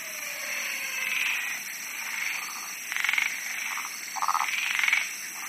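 Frogs croaking in a chorus, pulsed rattling bursts overlapping at low and higher pitches, with a steady high hiss throughout.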